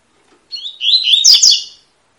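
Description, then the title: Double-collared seedeater: a loud, high phrase of slurred whistles and buzzy notes, roughly 1.3 seconds long. Tui-tui song style of fibra-quality bird, used as a teacher song for training young birds. "COLEIRO TUI TUI FIBRA CANTO PROFESSOR"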